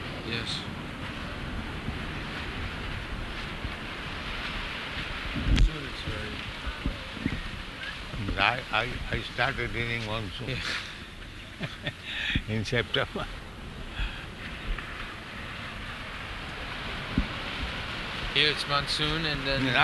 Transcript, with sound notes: Yes.
I started during monsoon, [laughs] in September.
Here it's monsoon and then...